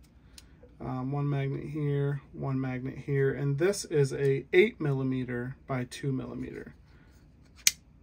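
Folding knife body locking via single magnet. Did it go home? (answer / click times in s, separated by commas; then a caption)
yes / 7.7 s. Someone talks, then a 3D-printed folding utility knife body, the second version using a single 8 mm by 2 mm magnet, is flipped into position. It snaps into place with a sharp click at 7.7 s, still a nice click though less satisfying than the two-magnet version.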